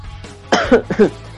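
Two short, voiced coughs in close succession from an adult man in a quiet room; a mild cough, part of a bout of coughing that has gone on for about two hours.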